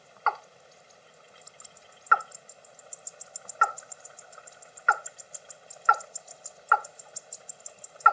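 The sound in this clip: Watercock giving a series of single knocking calls, spaced irregularly at first and then closer together, with a constant droning background and soft high-pitched ticking.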